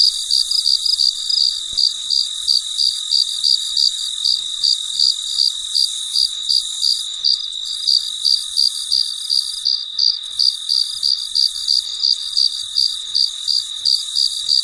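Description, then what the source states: Cricket with an even, repeated high chirp, close to three pulses a second, set against a constant buzzing insect chorus. Recorded late at night, in quiet surroundings.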